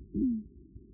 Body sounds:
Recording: neck accelerometer signal played as sound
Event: no cough (speech, laughter, throat clearing or background)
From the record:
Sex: male

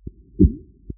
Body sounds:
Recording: neck accelerometer signal played as sound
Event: voluntary cough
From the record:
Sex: female

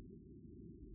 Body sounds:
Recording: neck accelerometer signal played as sound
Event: no cough (speech, laughter, throat clearing or background)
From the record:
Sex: male

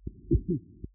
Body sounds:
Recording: neck accelerometer signal played as sound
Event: voluntary cough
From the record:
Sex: male

